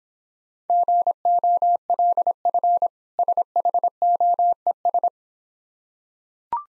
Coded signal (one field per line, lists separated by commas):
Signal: Morse code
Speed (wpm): 26 wpm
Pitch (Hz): 700 Hz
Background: none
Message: GOLF SHOES